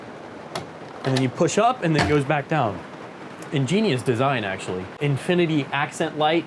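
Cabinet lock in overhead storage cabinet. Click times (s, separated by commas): 0.6 s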